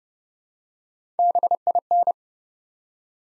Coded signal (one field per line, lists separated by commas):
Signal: Morse code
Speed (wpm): 30 wpm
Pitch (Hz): 700 Hz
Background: none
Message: BIN